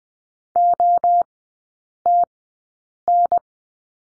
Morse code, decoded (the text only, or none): OTN